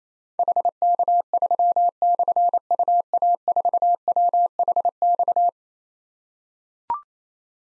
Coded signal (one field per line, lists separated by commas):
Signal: Morse code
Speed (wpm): 27 wpm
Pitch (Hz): 700 Hz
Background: none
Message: HK3/UA4WHX